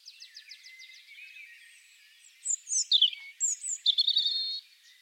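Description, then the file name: European robin singing: a faint ticking series opens, then a loud burst of high, tumbling whistles and sharp trills lasting about two seconds. "Erithacus rubecula"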